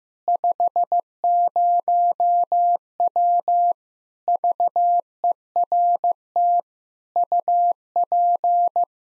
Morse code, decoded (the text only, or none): 50W VERT UP